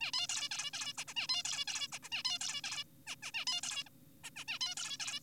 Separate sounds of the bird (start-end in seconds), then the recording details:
0.01-0.12, 0.13-0.27, 0.29-0.49, 0.51-0.71, 0.73-0.93, 0.98-1.04, 1.08-1.14, 1.17-1.27, 1.29-1.43, 1.45-1.65, 1.68-1.88, 1.93-1.99, 2.03-2.09, 2.12-2.23, 2.25-2.39, 2.41-2.61, 2.64-2.84, 3.07-3.16, 3.23-3.31, 3.34-3.45, 3.47-3.61, 3.63-3.83, 3.86-3.89, 4.24-4.30, 4.36-4.45, 4.48-4.59, 4.61-4.75, 4.77-4.97, 5.00-5.20. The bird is an adult. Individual g4p5U